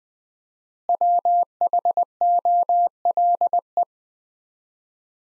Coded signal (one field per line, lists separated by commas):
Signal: Morse code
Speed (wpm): 20 wpm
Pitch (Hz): 700 Hz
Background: none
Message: WHOLE